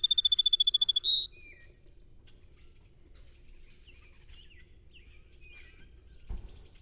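Song Sparrow song ending: a rapid trill, a buzzy note and three quick final notes, then several seconds of near silence with a single soft thump.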